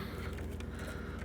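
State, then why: Seated. The fuel pump power supply connector is plugged into its wiring harness plug under the left side cover of a Harley-Davidson Sportster during a Trask turbo kit install. A short, sharp click at 0.6 s rises above a steady low hum as the connector snaps into place and is seated.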